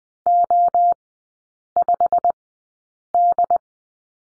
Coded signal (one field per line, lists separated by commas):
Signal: Morse code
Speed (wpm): 20 wpm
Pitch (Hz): 700 Hz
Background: none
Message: O5D